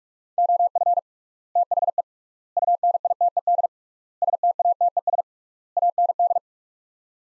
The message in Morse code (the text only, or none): OF THE UNITED STATES AND